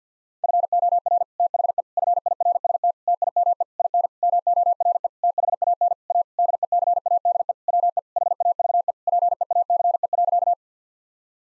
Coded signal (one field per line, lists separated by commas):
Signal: Morse code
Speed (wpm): 50 wpm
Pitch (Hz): 700 Hz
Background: none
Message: FOR THE FIRST TIME IN MORE THAN A DECADE WE HAVE PEACE.